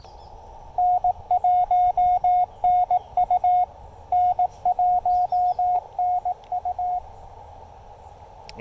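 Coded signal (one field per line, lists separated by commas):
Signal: Morse code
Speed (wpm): 19 wpm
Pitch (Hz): 720 Hz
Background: radio noise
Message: N1NU N1NU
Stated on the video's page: QRP CW activation on a Yaesu FT-817ND with an Elecraft T1 tuner and a 28.5-foot speaker-wire antenna.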